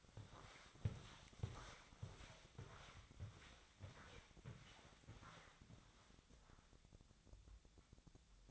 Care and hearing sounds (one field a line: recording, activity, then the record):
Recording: daily activity, microphone in the room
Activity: walk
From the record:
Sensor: 3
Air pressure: 1000.5 hPa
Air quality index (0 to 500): 171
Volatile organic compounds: 3 ppm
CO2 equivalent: 1489 ppm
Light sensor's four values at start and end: 16/42/17/18 and 18/45/18/20